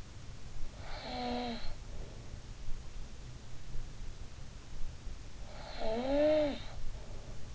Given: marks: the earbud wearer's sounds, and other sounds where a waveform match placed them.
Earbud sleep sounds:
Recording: sounds in sleep by an in-ear microphone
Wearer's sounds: snoring breath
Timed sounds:
0.66-2.28 s: snoring breath
5.30-7.55 s: snoring breath

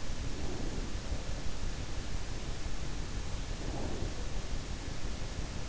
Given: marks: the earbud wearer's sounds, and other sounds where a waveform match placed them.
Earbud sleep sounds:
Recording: sounds in sleep by an in-ear microphone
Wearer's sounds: breath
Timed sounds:
0.31-1.02 s: breath
3.43-4.24 s: breath

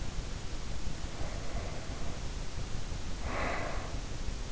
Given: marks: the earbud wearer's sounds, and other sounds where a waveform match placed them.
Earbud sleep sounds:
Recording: sounds in sleep by an in-ear microphone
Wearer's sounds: breath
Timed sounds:
0.80-4.21 s: breath

